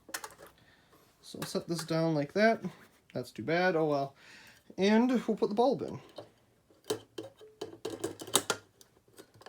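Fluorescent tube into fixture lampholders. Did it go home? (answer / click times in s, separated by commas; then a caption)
no / none. A 20 W T12 fluorescent tube is handled for fitting into the lampholders of a Lampi Standard pre-heat fluorescent strip light fixture, which is meant to twist and lock into place. Someone talks through the middle of the clip, and short sharp handling clicks and taps come before and after the talk, clustered near 0.1–0.2 s and 6.9–8.5 s. The tube has not seated or locked yet when the clip ends.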